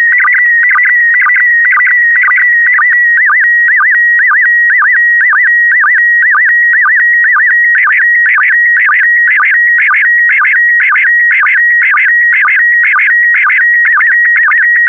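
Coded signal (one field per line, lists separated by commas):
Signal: SSTV (slow-scan television)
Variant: PD120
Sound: steady warbling tone with rhythmic dips, a short chirp about twice per second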